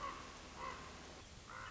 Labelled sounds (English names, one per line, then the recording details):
Common Raven
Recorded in Sonoma County, California